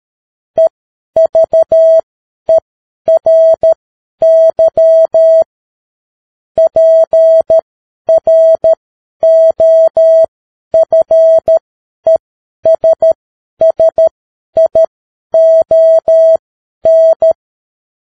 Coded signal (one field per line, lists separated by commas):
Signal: Morse code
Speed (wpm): 13 wpm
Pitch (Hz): 650 Hz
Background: none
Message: EVERY PROFESSION